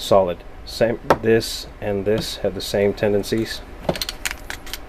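Someone talks while a weapon light is handled and slid onto a pistol's accessory rail, with a cluster of sharp metallic handling rattles near the end of the clip. Nothing has seated or clicked yet.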